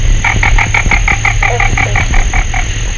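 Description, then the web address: Florida bog frog calling: a rapid series of many short, clicking chuck notes, evenly paced, over a steady background hiss and low hum. "alan wolf rana okaloosae"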